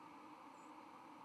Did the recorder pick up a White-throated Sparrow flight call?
yes